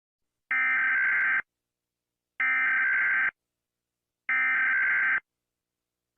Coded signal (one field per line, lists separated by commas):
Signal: Emergency Alert System (SAME) tones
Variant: header bursts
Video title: Rating EAS Alarms (Part 1)!